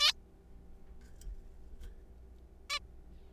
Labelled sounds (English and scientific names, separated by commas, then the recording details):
Zebra Finch (Taeniopygia guttata)
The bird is a juvenile
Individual R3428